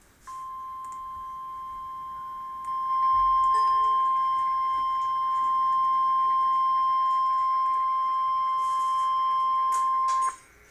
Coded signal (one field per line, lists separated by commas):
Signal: Emergency Alert System (SAME) tones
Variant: 1050 Hz attention tone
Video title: Flash Flood Warning (EAS #252)